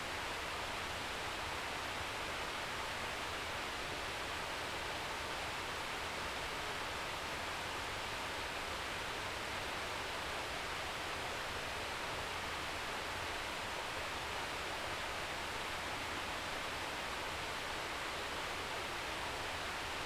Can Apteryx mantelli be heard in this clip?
no